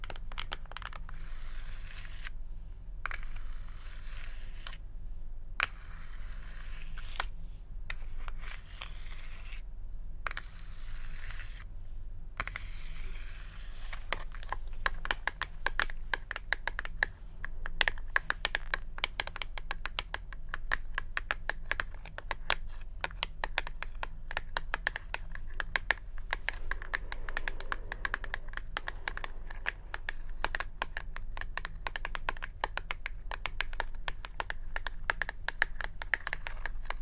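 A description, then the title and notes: ASMR tapping over a steady low hum. For the first fourteen seconds the taps come in short clusters separated by brief silent gaps. After that they run on as a dense, continuous patter of quick, bright clicks with no real pauses. ASMR Tapping.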